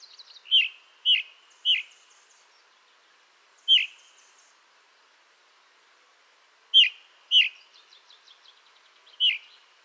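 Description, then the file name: Ring ouzel calls: sharp, hard tack notes given singly and in quick runs of two or three, with faint high twittering between them and a quiet background. "DROZDOBROZNY"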